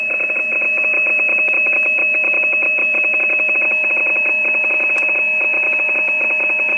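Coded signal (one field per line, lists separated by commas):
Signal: PSK31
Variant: overdriven, splattering signal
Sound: two steady tones under a harsh, rapid, irregular clicking buzz spread across the band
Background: radio static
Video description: .. all the others cant't hear each other no more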